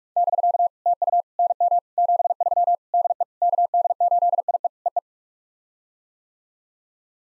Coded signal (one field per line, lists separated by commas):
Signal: Morse code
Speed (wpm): 45 wpm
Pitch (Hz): 700 Hz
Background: none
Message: <BK> TU NM 73 DE KD8IE EE